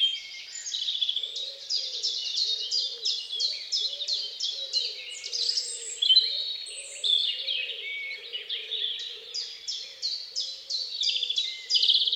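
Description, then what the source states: Bird song in a busy chorus: rapid, sharply falling high notes repeat steadily, over a soft, low, continuous trill. At dawn.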